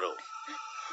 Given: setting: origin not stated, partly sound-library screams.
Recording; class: one-second piece from a danger detection set; woman in danger